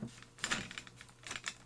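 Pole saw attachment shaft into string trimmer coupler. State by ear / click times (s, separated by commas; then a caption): not seated / none. The square-noded shaft of a Ryobi Expand-It pole saw attachment is being handled into the coupler bracket of a Ridgid R01201B string trimmer, where a spring pin is meant to pop through and lock it. A series of light, sharp plastic-like ticks and taps is heard, the strongest near 0.4 s, with more around 1.4 s and 1.5 s. Nothing has seated or clicked yet, and the attachment is not locked in by the end.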